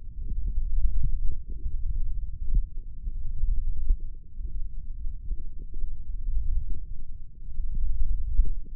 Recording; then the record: forearm muscle sounds (acoustic myography)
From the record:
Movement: thumb flexion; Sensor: system 1, eight BSWA MPA416 microphones around the upper forearm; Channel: 5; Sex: female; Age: 22 years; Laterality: right